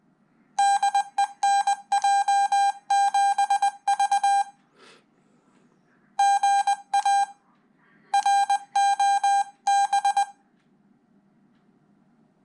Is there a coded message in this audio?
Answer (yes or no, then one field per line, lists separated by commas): yes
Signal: Morse code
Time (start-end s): 0.6-10.2 s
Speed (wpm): 20 wpm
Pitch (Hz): 800 Hz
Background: none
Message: DE NJ7V GA ROB